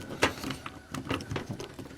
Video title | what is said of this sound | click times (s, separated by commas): USB-Modding The IIT Tools 6 LED Magnetic Light Strip | not latching. | none